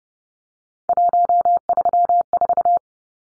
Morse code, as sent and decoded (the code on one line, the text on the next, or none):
.---- ...-- ....-
134